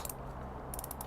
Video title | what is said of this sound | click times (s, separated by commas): New Milwaukee M12 Hammer Drill/Driver 3404 | tighten down the Chuck you hear the clicks that indicates that it's tightened down so | 0.1 s, 0.7 s, 0.8 s, 0.9 s